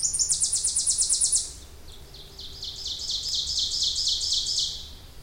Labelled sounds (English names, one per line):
Ovenbird song